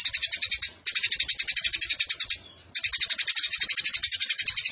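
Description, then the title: Eurasian tree sparrow chirping song: dense, rapid metallic chirps in long bursts, broken by two short pauses. Fighting-style sparrow song with long 'nembak' bursts and a clear voice, used as a master recording for training competition birds. "GEREJA TARUNG NEMBAK PANJANG SUARA JERNIH MASTERAN WAJIB BURUNG LOMBA"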